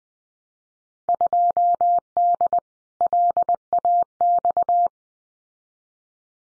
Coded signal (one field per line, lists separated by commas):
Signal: Morse code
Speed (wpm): 20 wpm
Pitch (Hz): 700 Hz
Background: none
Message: 2D LAX